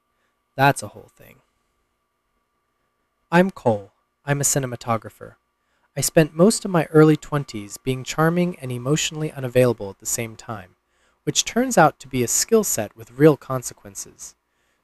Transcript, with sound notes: That's a whole thing. [pause] I'm Cole. I'm a cinematographer. I spent most of my early twenties being charming and emotionally unavailable at the same time, which turns out to be a skill set with real consequences.